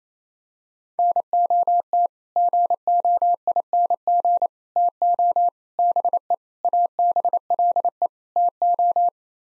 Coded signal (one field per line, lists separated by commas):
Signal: Morse code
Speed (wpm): 28 wpm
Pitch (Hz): 700 Hz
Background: none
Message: NOT GOING TO BE ABLE TO